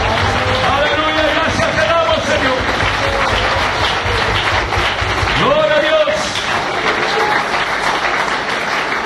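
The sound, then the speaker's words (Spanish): An audience at a church service claps loudly and steadily for the full stretch, applauding the King of Kings, a dense wash of applause with voices cheering and shouting over it, swelling briefly around the middle. “Le fuerte el aplauso una vez más al Rey de Reyes y señores, señores.”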